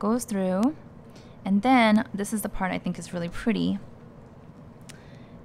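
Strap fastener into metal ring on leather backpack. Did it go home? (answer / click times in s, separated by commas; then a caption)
yes / 4.9 s. Someone talks while a strap fastener on a leather backpack strap is pressed into one of the metal rings on the strap. A single sharp snap at 4.9 seconds marks the piece seating into the ring.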